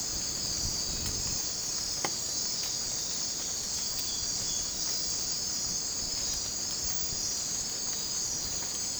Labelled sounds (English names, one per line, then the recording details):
none
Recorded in dense forest near Puerto Asís, Putumayo, Colombia, on 20 December 2024 at 03:00
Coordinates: 0.466, -76.327
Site G075